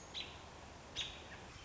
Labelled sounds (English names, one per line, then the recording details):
American Robin
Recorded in Sonoma County, California